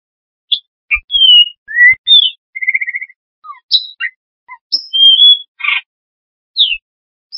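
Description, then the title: Bird song of varied short phrases: whistled slurs, rapid trills and chirps at high pitch, separated by brief pauses, clean with no background. "LuckyPassaros CompletosSama"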